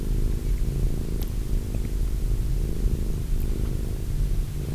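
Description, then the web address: Domestic cat purring continuously, deep and throbbing, rising and falling with each breath, and a couple of light ticks. Cat named Wilson. "~pelikas CATSOUNDS Wilson Cat"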